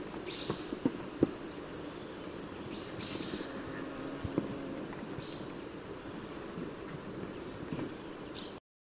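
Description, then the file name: Common chaffinch call notes: thin, even, whistled notes repeated irregularly throughout, over constant low rushing noise with occasional faint high ticks. "Fringilla coelebs"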